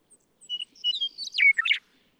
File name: Western Meadowlark